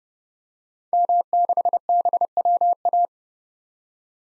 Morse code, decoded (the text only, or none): M6BWA